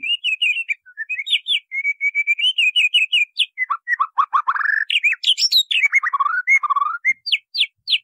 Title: MASTERAN MURAI BATU LABAIK